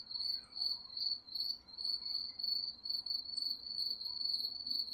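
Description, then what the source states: Cricket chirps forming a nearly continuous high trill, pulses blurring together with only brief dips in loudness, over faint low background hiss. Recorded at night.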